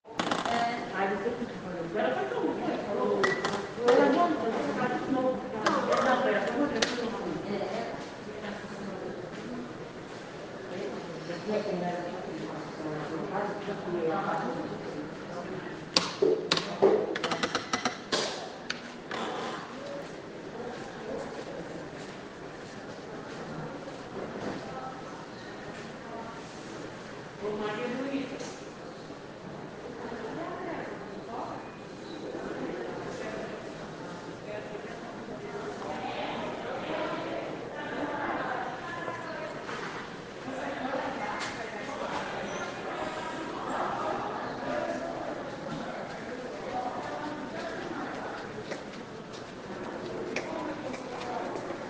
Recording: hospital ward noise